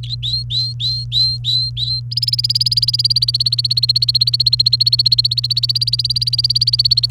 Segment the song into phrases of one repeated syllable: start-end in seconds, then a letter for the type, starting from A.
0.03-2.00 A, 2.11-7.10 B